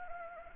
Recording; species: mosquito wingbeat signal from an infrared sensor; Anopheles arabiensis